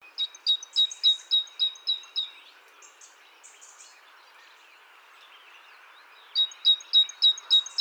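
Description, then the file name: Great tit singing a rapid, even series of high, sharp notes, breaking off for several seconds of faint high sounds before a second burst; steady background noise. "Parus major"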